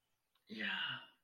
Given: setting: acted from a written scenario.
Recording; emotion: vocal sound without words; interest